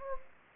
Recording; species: mosquito wingbeat signal from an infrared sensor; Anopheles gambiae